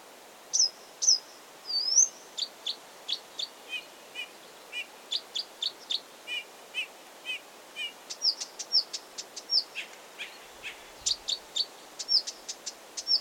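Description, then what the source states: Blyth's reed warbler song of steady phrases, each motif repeated several times, including lower paired notes, woven with rapid dry clicks throughout. Recorded 16 June 2022.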